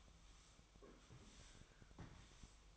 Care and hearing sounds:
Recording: daily activity, microphone in the room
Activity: sweep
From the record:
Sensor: 1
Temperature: 24.7 degrees Celsius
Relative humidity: 39.7%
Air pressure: 1001.6 hPa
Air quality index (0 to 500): 220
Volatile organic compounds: 29 ppm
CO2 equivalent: 2933 ppm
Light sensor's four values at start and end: 8/29/10/12 and 8/29/10/11

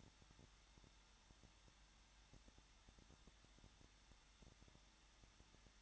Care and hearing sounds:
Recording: daily activity, microphone in the room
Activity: no activity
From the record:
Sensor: 3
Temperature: 21.2 degrees Celsius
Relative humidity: 36.4%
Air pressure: 1006.4 hPa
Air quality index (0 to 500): 222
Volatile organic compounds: 42 ppm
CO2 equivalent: 3182 ppm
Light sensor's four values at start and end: 2/3/2/2 and 2/3/2/2

